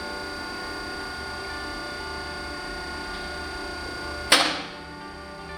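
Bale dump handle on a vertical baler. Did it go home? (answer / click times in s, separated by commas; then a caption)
yes / 4.3 s. During the automatic cycle of a CRAM-A-LOT vertical baler, the metal bale dump handle resets on its own to the normal operating position. A steady, tonal machine hum runs throughout, and a sharp click at 4.3 s marks the handle seating back into place before the sound drops to a quieter hum.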